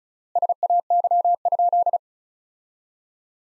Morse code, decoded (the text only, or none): SAY?